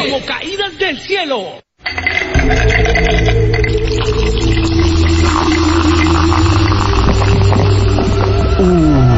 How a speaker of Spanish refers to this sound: Si disfrutaste con tan solo escuchar el sonido de una Canada Dry bien fría, imagínate lo que sentirás cuando la pruebes.